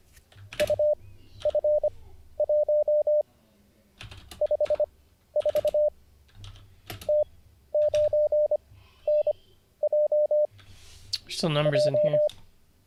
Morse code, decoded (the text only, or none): UF1 54 T9NJ 2